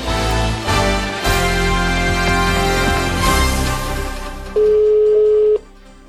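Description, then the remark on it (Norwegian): A dense musical stretch gives way to a single steady, mid-pitched ringback tone lasting about a second as a phone call to the restaurant Egon in Arendal, made to book a table for Valentine's Day, rings out. “Da er du nødt til å ringe til Egon i Arendal og bestille bord til Valentinsdagen og bekrefte det motsatte av det som blir sagt.”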